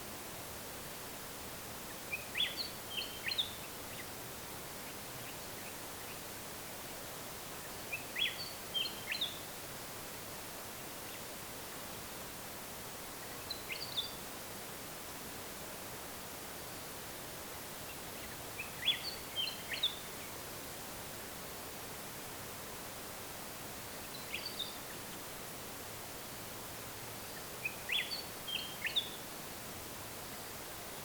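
A Willie Wagtail repeats short, bright chattering phrases about every five seconds over a steady, even night hiss of insects.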